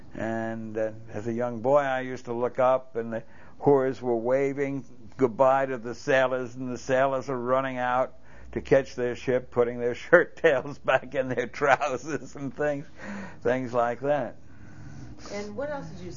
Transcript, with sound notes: And as a young boy I used to look up and the whores were waving goodbye to the sailors, and the sailors were running out to catch their ship, putting their shirttails back in their trousers and things. ( he laughs ) Things like that.
And what else did you see?